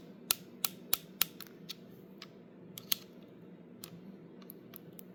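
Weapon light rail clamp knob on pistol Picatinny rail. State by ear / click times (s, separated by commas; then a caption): released / 0.3 s, 0.6 s, 0.9 s, 1.2 s. A weapon-mounted light's rail clamp knob is turned to loosen it on a pistol's Picatinny rail so the light can be removed, clicking through its detents. Sharp, evenly spaced clicks sound at 0.3, 0.7, 0.9 and 1.2 seconds, followed by quieter ticks and one more distinct click near 2.9 seconds. The light is released from the rail.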